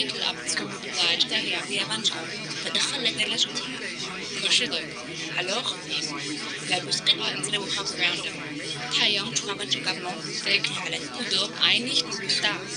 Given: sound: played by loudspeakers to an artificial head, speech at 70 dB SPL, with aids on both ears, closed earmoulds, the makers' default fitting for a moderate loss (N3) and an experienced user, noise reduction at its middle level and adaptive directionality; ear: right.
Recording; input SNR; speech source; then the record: speech test signal (ISTS) in cocktail-party noise; -6 dB; in front (0 degrees)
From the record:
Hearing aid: class 2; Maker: A